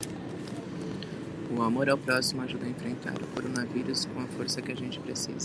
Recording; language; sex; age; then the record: spoken sentence; Brazilian Portuguese; female; 30 to 39 years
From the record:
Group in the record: control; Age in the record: 37 years